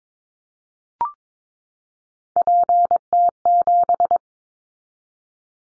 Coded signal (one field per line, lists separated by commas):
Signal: Morse code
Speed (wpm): 22 wpm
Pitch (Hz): 700 Hz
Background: none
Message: PT7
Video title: Callsign Prefixes in Top 50 DXCC 22wpm